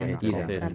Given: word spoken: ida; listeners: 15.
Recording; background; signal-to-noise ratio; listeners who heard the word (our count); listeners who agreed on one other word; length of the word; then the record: one Spanish word in noise, from a listening test; four-talker babble; 0.4 dB; 0 of 15; 6 of 15; 0.35 s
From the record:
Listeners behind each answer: 6, 2, 1, 1, 1, 1, 1, 1, 1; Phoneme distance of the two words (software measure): 20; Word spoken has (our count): 2 syllables, 3 phonemes, stress on syllable 1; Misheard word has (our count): 2 syllables, 3 phonemes, stress on syllable 1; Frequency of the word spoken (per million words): 12.17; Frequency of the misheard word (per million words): 17.54